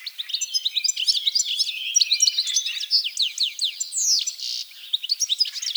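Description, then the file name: European goldfinch song, a dense stream of fast twittering, tinkling notes and short buzzy slurs running almost without pause. "Carduelis carduelis"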